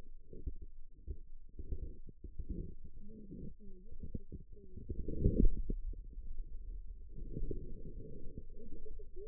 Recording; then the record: forearm muscle sounds (acoustic myography)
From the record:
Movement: inward rotation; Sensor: system 2, bracelet of six BSWA MPA416 microphones around the upper forearm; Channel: 4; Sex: male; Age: 22 years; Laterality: right